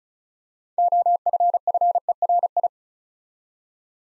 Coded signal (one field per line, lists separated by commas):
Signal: Morse code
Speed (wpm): 36 wpm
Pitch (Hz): 700 Hz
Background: none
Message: OFFERI